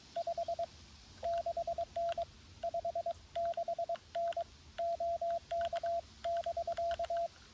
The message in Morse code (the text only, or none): 56N 56N OK<BK>